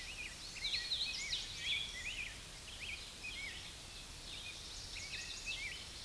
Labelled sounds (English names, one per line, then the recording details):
Hooded Warbler song
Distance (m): 60 m
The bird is about level with the microphone
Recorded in a Pennsylvania forest on 16 May 2024 at 07:10
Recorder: AudioMoth, point MSD-2456
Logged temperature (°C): 16.4 °C
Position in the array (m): 142 m, 122 m